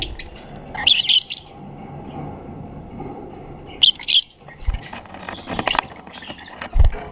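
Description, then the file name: Black-cheeked lovebird calling with shrill, squeaky bursts of high chirps, each about half a second long, separated by quieter gaps with low rumbling in the background. "canto do periquito de bochechas pretas"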